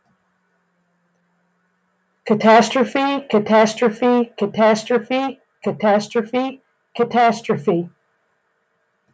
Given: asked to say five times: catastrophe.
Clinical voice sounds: repeated word; female; 60 to 69 years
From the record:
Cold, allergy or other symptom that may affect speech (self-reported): no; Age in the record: 60 years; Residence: North Carolina, United States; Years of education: 14

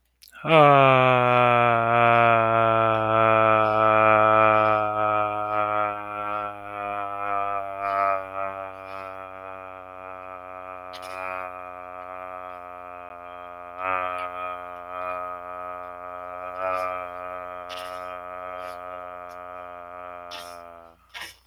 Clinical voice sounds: vowel held as long as possible; male; 30 to 39 years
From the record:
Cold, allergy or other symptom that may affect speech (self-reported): no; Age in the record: 32 years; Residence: North Carolina, United States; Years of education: 16

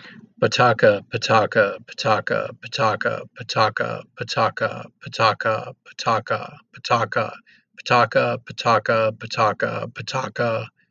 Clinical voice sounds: repeated syllables /pa ta ka/; male; 50 to 59 years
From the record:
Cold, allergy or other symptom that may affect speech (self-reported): no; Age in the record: 58 years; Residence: Virginia, United States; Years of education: 16

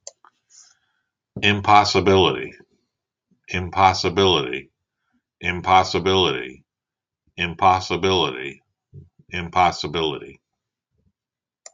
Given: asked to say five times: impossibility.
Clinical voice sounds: repeated word; male; 60 to 69 years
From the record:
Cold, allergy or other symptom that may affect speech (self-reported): no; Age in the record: 67 years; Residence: Maryland, United States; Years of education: 16

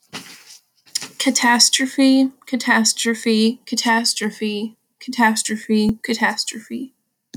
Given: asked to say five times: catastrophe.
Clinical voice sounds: repeated word; female; 20 to 29 years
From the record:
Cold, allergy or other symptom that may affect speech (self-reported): no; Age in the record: 22 years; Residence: Alabama, United States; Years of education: 12

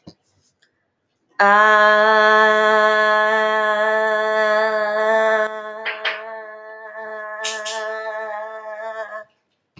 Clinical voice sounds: vowel held as long as possible; female; 20 to 29 years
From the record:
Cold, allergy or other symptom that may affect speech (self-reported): no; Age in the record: 22 years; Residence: Alabama, United States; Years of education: 12

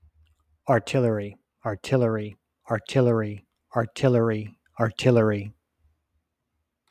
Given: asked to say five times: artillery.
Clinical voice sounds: repeated word; male; 30 to 39 years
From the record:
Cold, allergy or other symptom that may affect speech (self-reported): no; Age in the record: 38 years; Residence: New York, United States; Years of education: 18

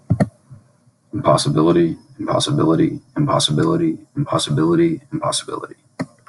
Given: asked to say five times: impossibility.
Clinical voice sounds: repeated word; male; 20 to 29 years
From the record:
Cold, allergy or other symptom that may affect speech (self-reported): no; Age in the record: 22 years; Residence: Ohio, United States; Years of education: 16

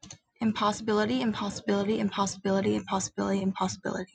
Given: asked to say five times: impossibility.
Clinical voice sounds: repeated word; female; 20 to 29 years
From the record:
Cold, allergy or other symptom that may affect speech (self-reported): no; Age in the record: 21 years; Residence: New York, United States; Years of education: 15

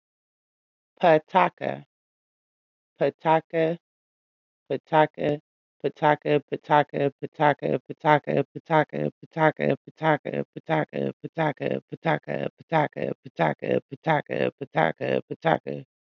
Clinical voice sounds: repeated syllables /pa ta ka/; female; 30 to 39 years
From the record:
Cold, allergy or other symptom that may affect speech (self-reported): no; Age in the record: 36 years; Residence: Michigan, United States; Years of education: 12

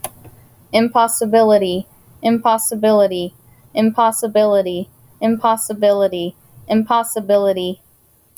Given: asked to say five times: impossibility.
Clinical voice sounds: repeated word; female; 20 to 29 years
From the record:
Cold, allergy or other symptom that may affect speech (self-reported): no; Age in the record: 28 years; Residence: Colorado, United States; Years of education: 16

